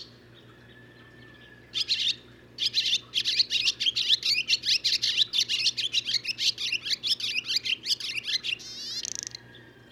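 Barn swallow song: a long run of rapid, scratchy twitters ending in a brief buzzy rattle, over a low steady hum.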